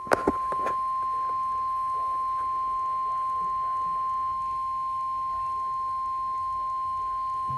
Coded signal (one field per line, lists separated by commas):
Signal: Emergency Alert System (SAME) tones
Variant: 1050 Hz attention tone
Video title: Severe Thunderstorm Warning (EAS) No. 36